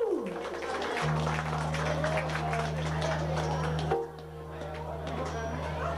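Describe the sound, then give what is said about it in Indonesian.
An audience claps and cheers in a dense, steady wash of applause, with a low sustained hum underneath and some voices mixed in; the clapping thins slightly toward the end. “Tepuk tangan dulu buat ….”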